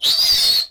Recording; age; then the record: pig call; piglet (1 to 25 days)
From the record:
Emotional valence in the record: negative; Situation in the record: castration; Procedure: castration, fixation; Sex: male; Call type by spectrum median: high-frequency call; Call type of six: high-frequency modulated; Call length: 0.72 s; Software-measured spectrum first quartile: 4083 Hz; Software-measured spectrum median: 4605 Hz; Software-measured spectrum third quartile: 5368 Hz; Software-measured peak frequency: 4323 Hz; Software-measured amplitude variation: 117 dB a second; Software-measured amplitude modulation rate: 18.8 a second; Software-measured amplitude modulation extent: 6.2 dB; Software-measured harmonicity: 8.6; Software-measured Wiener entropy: -3.10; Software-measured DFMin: 1071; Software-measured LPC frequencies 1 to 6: 928, 2013, 3771, 4344, 4795, 6194 Hz